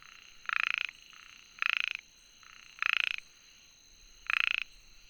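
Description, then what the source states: Frog giving four strong rasping croaks about a second apart, with softer croaks in between and a steady high-pitched whine throughout. Recorded on 22 June 2019.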